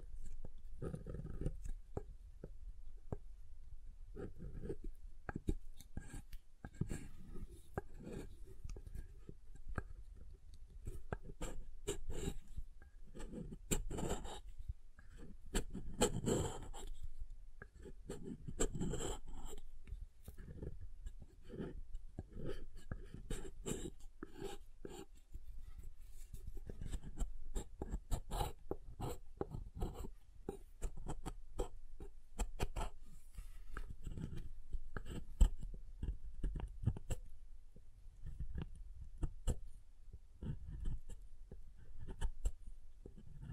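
Soft, hard soap being tapped and carved, with a steady run of dense little knocks and scraping strokes throughout. The sounds are mostly low and dull, with brief brighter scratches; clusters of firmer taps come around 15 to 17 seconds and again near 35.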